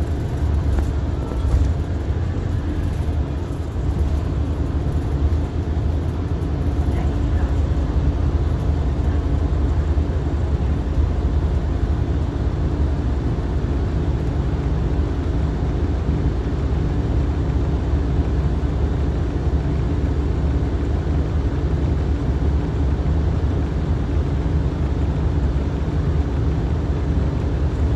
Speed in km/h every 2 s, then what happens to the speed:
21, 21, 15, 10, 2, 2, 0, 0, 2, 0, 0, 0, 0, 6.
0-8 slows to 2. 8-25 standing. 25-28 pulls away to 6.